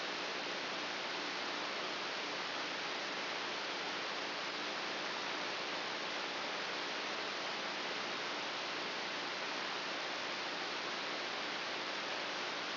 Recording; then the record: brain microelectrode recording played as sound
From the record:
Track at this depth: inside the subthalamic nucleus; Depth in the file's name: 1.956 mm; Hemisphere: left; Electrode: 2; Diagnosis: Parkinson's disease